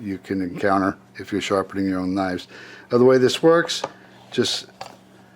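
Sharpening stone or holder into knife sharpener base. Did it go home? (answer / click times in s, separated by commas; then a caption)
no / none. Someone talks while handling a sharpening stone or holder of a Work Sharp knife sharpener, about to place it into the sharpener base, with a brief sharp tap near 4.8 s. Nothing has seated or clicked yet; the part is still being handled and is not yet home in the base.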